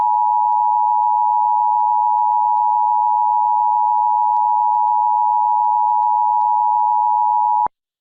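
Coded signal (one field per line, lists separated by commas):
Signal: Emergency Alert System (SAME) tones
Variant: 853 and 960 Hz attention tone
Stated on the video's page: Fictional EAS scenario.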